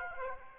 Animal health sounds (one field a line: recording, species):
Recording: mosquito wingbeat signal from an infrared sensor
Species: Aedes aegypti